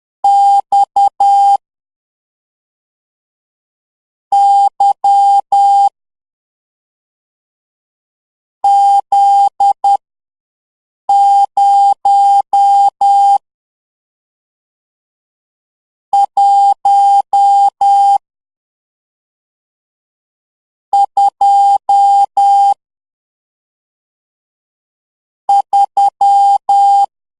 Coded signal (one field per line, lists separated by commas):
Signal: Morse code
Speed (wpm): 10 wpm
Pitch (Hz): 800 Hz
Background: none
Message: X Y Z 0 1 2 3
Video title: #LEARN MORSE CODE #THALA AJITH #VIVEGAM